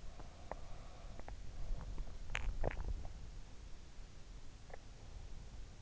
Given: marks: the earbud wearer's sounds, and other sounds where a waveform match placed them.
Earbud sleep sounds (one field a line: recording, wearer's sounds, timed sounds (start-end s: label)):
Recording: sounds in sleep by an in-ear microphone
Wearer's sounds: teeth grinding, swallowing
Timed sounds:
0.00-2.00 s: sound from someone else or the room
0.33-1.58 s: teeth grinding
2.11-3.61 s: swallowing
4.64-5.00 s: teeth grinding